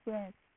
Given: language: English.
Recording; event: throat vibration sensor signal played as sound; speech